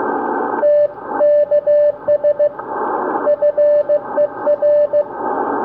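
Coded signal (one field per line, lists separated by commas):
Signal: Morse code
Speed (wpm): 16 wpm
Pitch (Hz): 590 Hz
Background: radio noise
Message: TKS FER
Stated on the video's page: QRPp CW contact at 500 milliwatts on the 40 meter band over 250 km.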